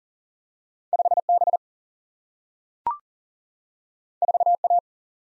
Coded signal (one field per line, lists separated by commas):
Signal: Morse code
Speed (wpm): 40 wpm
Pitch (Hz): 700 Hz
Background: none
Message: 5 B 4 A